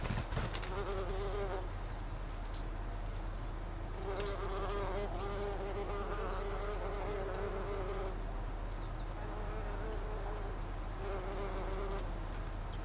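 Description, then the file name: Bumblebee droning in bursts, a clear buzzing hum lasting about four seconds, then returning briefly later, with a constant low background hum throughout. Recorded 26 August 2012. "hunangsflugur 2012-08-26"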